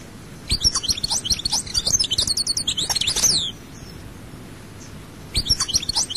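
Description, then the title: European goldfinch giving a fast, chattering phrase of thin, metallic notes for about three seconds, then a brief new burst near the end. "Chant Chardonneret"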